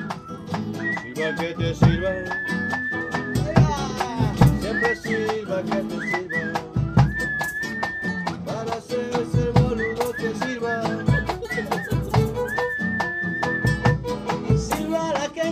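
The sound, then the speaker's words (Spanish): A person whistles a tune in steady, held high notes that return in repeated phrases, riding over a dense, busy musical backing with rhythmic low thumps. “Silba a la gente, silba porque sabe que hay que silbar.”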